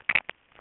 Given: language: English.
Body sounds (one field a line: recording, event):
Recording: throat vibration sensor signal played as sound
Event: swallow